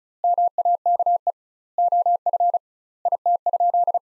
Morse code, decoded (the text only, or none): MAKE OF IT?